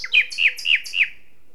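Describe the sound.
Common nightingale giving a short series of four loud, evenly spaced slurred notes that drop slightly in pitch.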